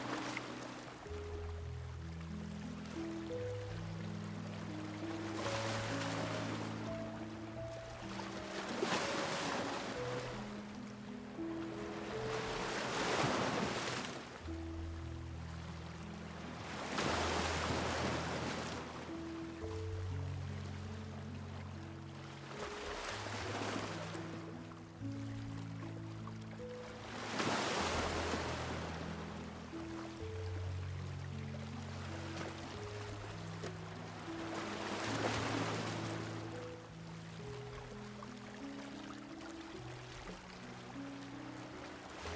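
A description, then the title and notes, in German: Soft, slow music plays over the sound of waves. Low, sustained notes shift gently in steps, while waves wash in and break about every four to five seconds as bright rushing swells. The level stays fairly even throughout. SANFTE Musik und das GERÄUSCH von WELLEN. Sanfte Melodien mit dem beruhigenden Klang der Wellen.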